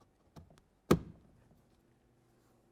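A master window switch with plastic locking tabs is slid down into the door trim panel opening of a 2009-2020 Dodge Journey. Two faint taps at about 0.4 and 0.6 s are followed by a sharp, loud snap at 0.9 s that rings out briefly. The switch is fully seated and not hanging up.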